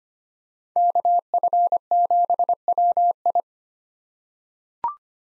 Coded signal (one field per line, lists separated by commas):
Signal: Morse code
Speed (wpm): 25 wpm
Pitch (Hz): 700 Hz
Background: none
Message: KF7WI